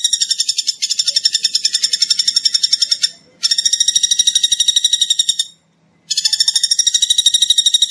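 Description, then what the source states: Bird trill: rapid high buzzy pulses, about ten a second, delivered in long runs separated by two short silent breaks. Masteran recording, used for training songbirds to learn song.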